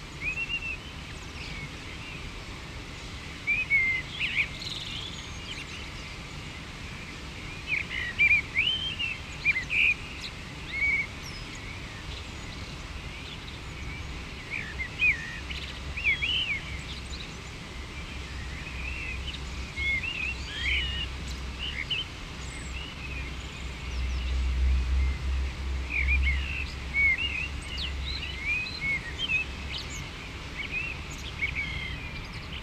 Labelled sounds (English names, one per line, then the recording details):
Common Blackbird song
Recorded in the wild
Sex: male
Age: adult
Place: Garmisch-Partenkirchen, Bayern, DE
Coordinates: 47.4917, 11.0789
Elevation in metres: 703
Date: 1969-04-12
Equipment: Uher 4000, Sennheiser MKH 405
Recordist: Tretzel, Erwin